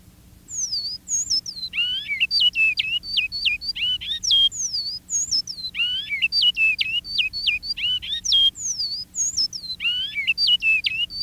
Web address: bicudario cantos lancelotti